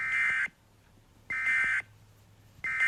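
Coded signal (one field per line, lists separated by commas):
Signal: Emergency Alert System (SAME) tones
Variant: end-of-message bursts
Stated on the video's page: Fictional EAS scenario animation, not a real alert.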